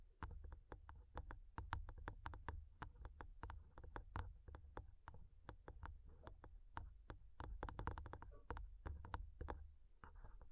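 Fingernails tap rapidly and unevenly on a microphone, a dense run of sharp clicks that bunch into quick flurries and brief pauses across the whole clip. Beneath the crisp ticks sits a steady low thump and rumble from the mic body.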